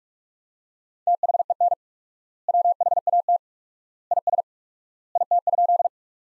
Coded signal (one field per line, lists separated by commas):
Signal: Morse code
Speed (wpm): 46 wpm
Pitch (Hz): 700 Hz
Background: none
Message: THEN WHAT IS IT?